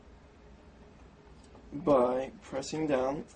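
A 4-channel NUUO PCI DVR capture card is lined up with the white PCI slot on a motherboard before being pressed down, with only quiet low background noise for the first 1.7 seconds. Someone then talks from about 1.8 s to the end. Nothing has seated or clicked yet.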